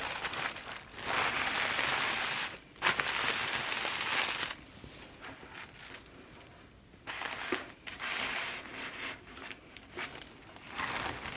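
Paper packaging is crumpled and crushed in uneven bursts of dry, bright crinkling, with louder stretches around 1–4.5 seconds and again from 7.5 seconds on. Quieter rustling fills the gaps, and a few sharp crackles and snaps stand out.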